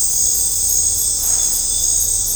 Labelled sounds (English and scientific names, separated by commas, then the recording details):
none
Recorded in dense forest near Puerto Asís, Putumayo, Colombia, on 18 December 2024 at 19:00
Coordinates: 0.503, -76.323
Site G043